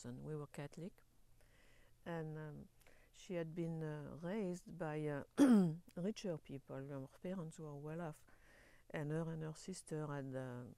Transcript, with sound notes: We were Catholic. And she had been raised by [clears throat] richer people; you know, parents who were well off. And her and her sister and —